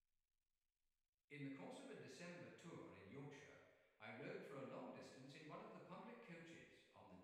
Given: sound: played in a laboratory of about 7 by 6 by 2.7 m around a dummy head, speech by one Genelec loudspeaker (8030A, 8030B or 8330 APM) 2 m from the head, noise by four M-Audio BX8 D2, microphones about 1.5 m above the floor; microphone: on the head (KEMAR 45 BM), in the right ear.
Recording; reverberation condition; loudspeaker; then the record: male speech in English; high; behind (180 degrees)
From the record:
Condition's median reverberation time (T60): about 1300 ms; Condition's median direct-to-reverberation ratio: about -4.0 dB